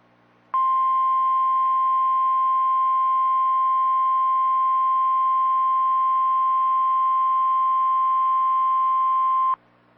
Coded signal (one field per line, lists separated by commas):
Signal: Emergency Alert System (SAME) tones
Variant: 1050 Hz attention tone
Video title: (EAS#10) TORNADO WARNING AGAIN! | 05/16/2024